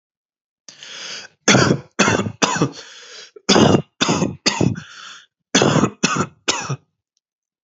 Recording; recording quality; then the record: heavy voluntary cough; excellent, no background noise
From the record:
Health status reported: healthy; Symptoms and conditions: none ticked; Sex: male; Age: 29 years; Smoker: not ticked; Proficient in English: yes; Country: United States